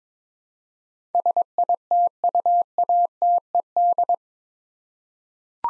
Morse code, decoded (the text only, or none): SITUATED